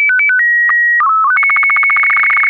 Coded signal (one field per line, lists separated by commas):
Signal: SSTV (slow-scan television)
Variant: Robot BW 8